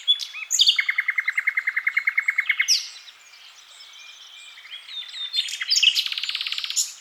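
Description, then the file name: Common nightingale song: a rapid, even rattle of repeated notes for about two seconds, a pause, then a burst of varied chirps ending in another fast repeated series. "Luscinia megarhynchos"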